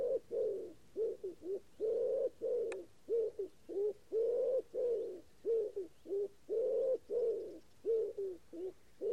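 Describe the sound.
Common wood pigeon cooing: soft, hollow low coos in repeated phrases, with brief pauses between bursts throughout.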